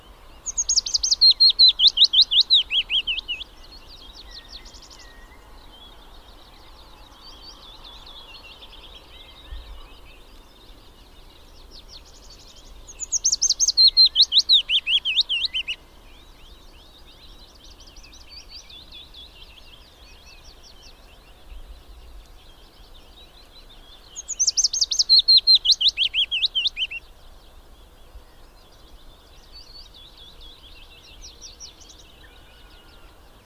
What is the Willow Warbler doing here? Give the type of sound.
song